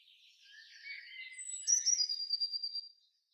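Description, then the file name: Eurasian blue tit call: a soft jumble of twittering notes that builds into a high thin note and a fast string of churring repeated notes. "Cyanistes caeruleus"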